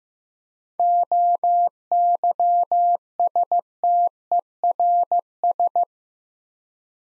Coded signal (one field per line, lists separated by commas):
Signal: Morse code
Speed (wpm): 15 wpm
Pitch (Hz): 700 Hz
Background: none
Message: OYSTERS